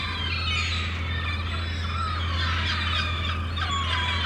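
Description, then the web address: Gulls giving harsh overlapping calls and some longer wailing notes throughout, set against a persistent low rumble. At a harbour. "The Sound Pack Tree - Sonic Seaside - Crazy Harbor Seagulls"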